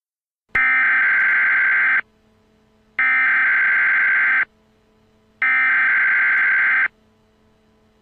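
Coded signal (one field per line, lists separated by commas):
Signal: Emergency Alert System (SAME) tones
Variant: header bursts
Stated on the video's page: Fictional custom EAS scenario, not real, about freezing temperatures.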